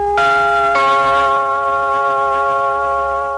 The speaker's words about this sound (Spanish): También Colombia, aunque en menor medida supo emplear el gong, siempre como acompañamiento de la señal identificatoria de la emisora o de la cadena comercial correspondiente.